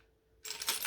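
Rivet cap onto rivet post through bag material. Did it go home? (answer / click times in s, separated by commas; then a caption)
yes / 0.6 s, 0.7 s. A rivet cap is pushed by hand onto a rivet post set through a leather/vinyl bag part, before pressing. After a near-silent start, soft rubbing and handling noise rises from about 0.4 s. The cap seats with two sharp clicks at 0.6 s and 0.7 s.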